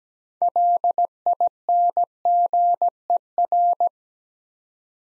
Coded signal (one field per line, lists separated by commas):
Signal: Morse code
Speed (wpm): 17 wpm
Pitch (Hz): 700 Hz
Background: none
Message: LINGER